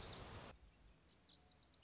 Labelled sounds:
Lazuli Bunting
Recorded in Sonoma County, California

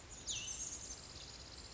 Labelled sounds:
Cassin's Vireo
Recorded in Sonoma County, California

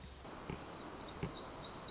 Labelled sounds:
Black-throated Gray Warbler
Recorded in Sonoma County, California

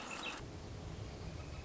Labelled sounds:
Northern Flicker
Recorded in Sonoma County, California

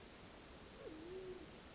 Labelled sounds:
Band-tailed Pigeon
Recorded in Sonoma County, California

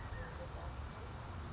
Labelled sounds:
California Towhee
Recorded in Sonoma County, California

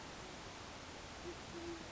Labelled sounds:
Band-tailed Pigeon
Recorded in Sonoma County, California

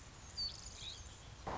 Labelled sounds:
Anna's Hummingbird
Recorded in Sonoma County, California

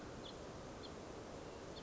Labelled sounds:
House Finch
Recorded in Sonoma County, California

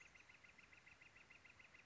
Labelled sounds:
Northern Flicker
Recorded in Sonoma County, California

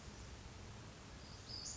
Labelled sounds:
Western Flycatcher
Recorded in Sonoma County, California

